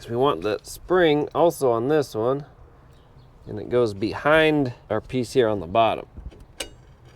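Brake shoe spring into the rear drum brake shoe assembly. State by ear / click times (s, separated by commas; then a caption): seated / 6.6 s. A small return spring is fitted behind the bottom piece of a rear drum brake shoe assembly on a 2004–2008 Toyota Prius while someone talks. A short, sharp tick at 6.6 s marks the spring hooking into place, seated.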